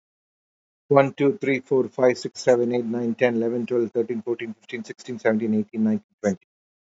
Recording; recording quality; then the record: counting at a fast pace; excellent, no background noise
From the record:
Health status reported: healthy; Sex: male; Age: 55 years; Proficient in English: yes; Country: India